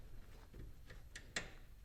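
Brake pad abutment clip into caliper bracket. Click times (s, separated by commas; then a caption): 1.4 s. A new metal brake pad abutment clip is pushed into the caliper bracket of a 4th generation (2012–2016) Honda CR-V during a brake pad replacement. After a faint tick near 1.2 s, a sharp bright snap sounds at 1.4 s, and the clip is confirmed seated in the bracket.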